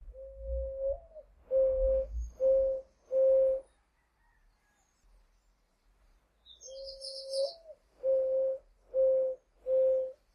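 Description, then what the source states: Zenaida dove cooing, low soft hoots near one pitch, a slightly rising first coo followed by three shorter ones, the phrase given twice; a brief high chirp between phrases. Recorded 11 January 2009.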